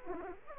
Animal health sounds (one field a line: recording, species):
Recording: mosquito wingbeat signal from an infrared sensor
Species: Aedes aegypti